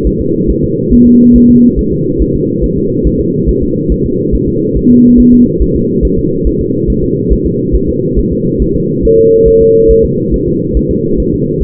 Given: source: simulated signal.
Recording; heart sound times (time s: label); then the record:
fetal heart sounds
0.07 s: S1
0.21 s: S2
0.50 s: S1
0.64 s: S2
0.93 s: S1
1.07 s: S2
1.36 s: S1
1.50 s: S2
1.79 s: S1
1.93 s: S2
2.22 s: S1
2.35 s: S2
2.64 s: S1
2.78 s: S2
3.07 s: S1
3.21 s: S2
3.49 s: S1
3.63 s: S2
3.92 s: S1
4.06 s: S2
4.35 s: S1
4.48 s: S2
4.77 s: S1
4.91 s: S2
5.20 s: S1
5.34 s: S2
5.62 s: S1
5.76 s: S2
6.05 s: S1
6.19 s: S2
6.47 s: S1
6.61 s: S2
6.90 s: S1
7.04 s: S2
7.33 s: S1
7.46 s: S2
7.75 s: S1
7.89 s: S2
8.19 s: S1
8.32 s: S2
8.62 s: S1
8.76 s: S2
9.05 s: S1
9.19 s: S2
9.48 s: S1
9.62 s: S2
9.91 s: S1
10.05 s: S2
10.34 s: S1
10.48 s: S2
10.77 s: S1
10.91 s: S2
11.20 s: S1
11.34 s: S2
11.63 s: S1
From the record:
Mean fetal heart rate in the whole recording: 140 bpm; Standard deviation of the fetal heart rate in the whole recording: 2 bpm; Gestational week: 34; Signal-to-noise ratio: -11.2 dB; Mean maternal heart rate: 72 bpm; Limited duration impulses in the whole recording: present